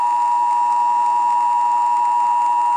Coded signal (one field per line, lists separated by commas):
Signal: Emergency Alert System (SAME) tones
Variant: 853 and 960 Hz attention tone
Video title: Emergency alert system ringtone